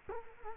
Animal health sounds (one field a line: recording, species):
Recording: mosquito wingbeat signal from an infrared sensor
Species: Culex quinquefasciatus